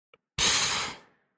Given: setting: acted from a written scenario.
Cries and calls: vocal sound without words; contempt

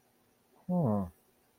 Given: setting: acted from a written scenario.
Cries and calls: vocal sound without words; interest

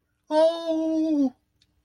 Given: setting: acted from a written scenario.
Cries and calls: vocal sound without words; positive surprise

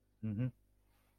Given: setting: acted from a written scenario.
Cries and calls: vocal sound without words; neutral

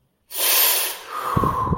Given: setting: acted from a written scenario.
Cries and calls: vocal sound without words; desire

